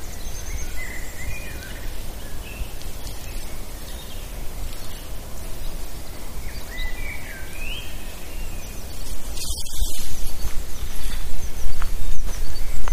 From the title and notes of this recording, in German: Ein Spaziergang im Wald zum ersten Mal aufgenommen mit dem Shure MV88.